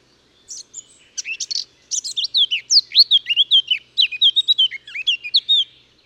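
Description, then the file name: Eurasian blackcap song: a few thin notes, then rapid scratchy warbling turning into a long, loud series of fluted whistles with quick pitch swings. "Sylvia atricapilla"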